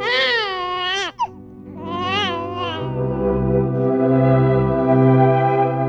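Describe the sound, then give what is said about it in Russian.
A newborn baby, the child born to Elizabeth in the Bible story, cries in two loud, wavering wails with a short gap between them, then a low, steady droning tone carries on beneath fainter whimpering. “Она прожила у нее 3 месяца до того дня, когда Елизавета родила ребенка.”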